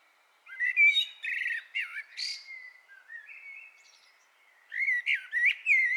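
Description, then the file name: Common blackbird song opening after a short silence with fluty warbles and a harsh, noisy note, quieter slurred notes, then lively twittering at the end. "Turdus merula"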